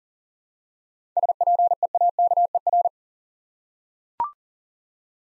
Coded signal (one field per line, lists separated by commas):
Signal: Morse code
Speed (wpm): 39 wpm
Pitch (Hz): 700 Hz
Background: none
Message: SPEAKER